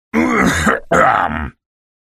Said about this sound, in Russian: Если только... Он прочистил горло.